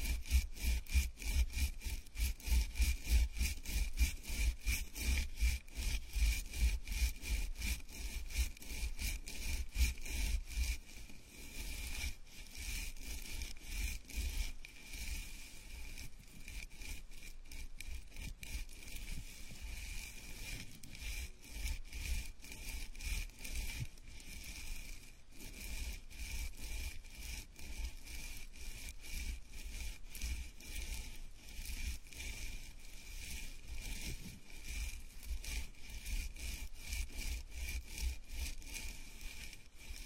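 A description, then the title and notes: A gentle scalp massage: fingers rub and scratch through hair in quick, even strokes that run without pause. The dense scratchy texture is slightly louder and rougher for the first ten seconds, then settles into a steady, softer rhythm to the end. Scalp massage, gentle and comfortable.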